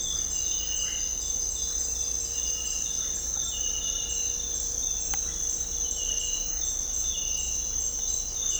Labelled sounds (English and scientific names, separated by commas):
none